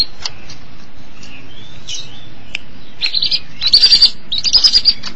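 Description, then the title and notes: Long-tailed Shrike song: scattered faint whistles and short notes at first, then loud buzzy chattering phrases near the end. "Pentet 201703. Suara burung pentet"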